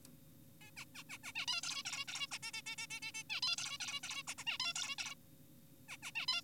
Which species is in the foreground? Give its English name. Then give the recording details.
Zebra Finch. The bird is an adult. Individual g4p5U